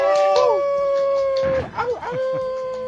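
A wolf howls in long, sustained tones that rise and slide in pitch, with overlapping voices wavering together before settling into a steady drawn-out note.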